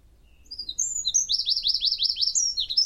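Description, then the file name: Eurasian wren song starting with high whistled notes, then a fast, even series of sharp repeated notes, loud and bright. "Troglodytes troglodytes"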